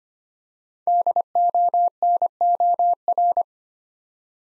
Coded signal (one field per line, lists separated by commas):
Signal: Morse code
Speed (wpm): 25 wpm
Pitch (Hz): 700 Hz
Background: none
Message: DONOR